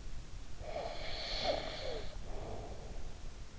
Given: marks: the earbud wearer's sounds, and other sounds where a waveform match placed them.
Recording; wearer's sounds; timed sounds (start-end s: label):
sounds in sleep by an in-ear microphone; snoring breath
0.46-3.32 s: snoring breath